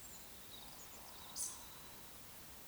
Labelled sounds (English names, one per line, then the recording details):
Eurasian Woodcock whistle
Eurasian Woodcock croak
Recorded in Baden-Württemberg, Germany, on 2 June 2020 at 19:55 UTC
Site 46190, 1214 m above sea level